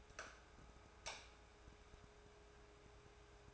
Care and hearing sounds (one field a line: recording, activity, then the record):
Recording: daily activity, microphone in the room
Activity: light off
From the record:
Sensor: 2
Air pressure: 1010.1 hPa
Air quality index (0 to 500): 160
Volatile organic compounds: 7 ppm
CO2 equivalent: 2001 ppm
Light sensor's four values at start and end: 44/111/49/54 and 39/95/42/48